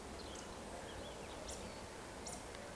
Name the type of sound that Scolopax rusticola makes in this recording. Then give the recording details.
whistle. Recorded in Baden-Württemberg, Germany, on 15 June 2020 at 19:25 UTC. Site 14569, 102 m above sea level